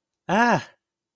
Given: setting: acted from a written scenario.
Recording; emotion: vocal sound without words; pride